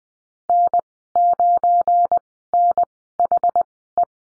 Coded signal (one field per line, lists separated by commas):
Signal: Morse code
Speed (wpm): 20 wpm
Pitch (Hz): 700 Hz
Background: none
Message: N9NHE